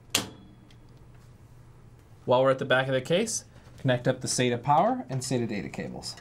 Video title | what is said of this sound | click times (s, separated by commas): ASUS Republic of Gamers 10th Anniversary Build | the hard drive in the sled, set it on the mounts, and it should snap into place. | 0.1 s